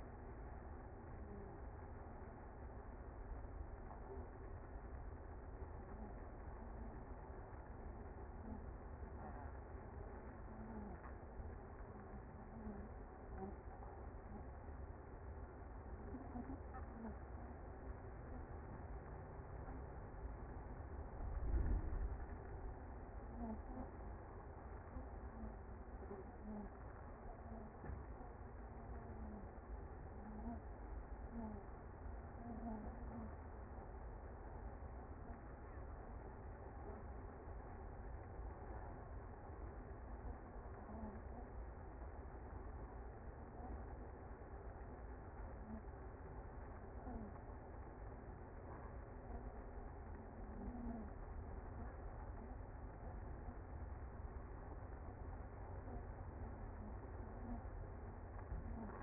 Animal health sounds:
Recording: honeybee colony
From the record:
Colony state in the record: active

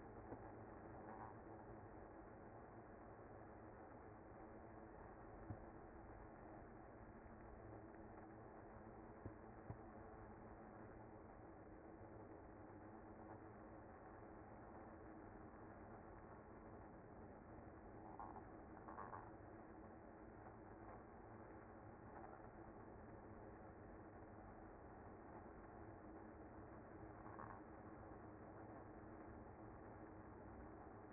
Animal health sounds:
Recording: honeybee colony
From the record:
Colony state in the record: active

